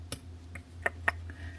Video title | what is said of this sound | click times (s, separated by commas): DIY Miniature Cafe Rolife- Create With Me Part 2- Empowered Crafter | I love that click it's very satisfying click ready | 1.1 s